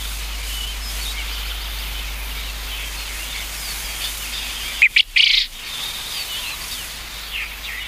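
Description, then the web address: Japanese quail giving one harsh, clipped call of three rapid notes midway, with faint twittering from other birds throughout. "sikioto. uzura"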